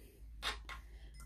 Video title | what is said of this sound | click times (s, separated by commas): Beginner: Industrial Over View | you're just gonna pop it like a regular sewing machine here till you hear that click | 0.7 s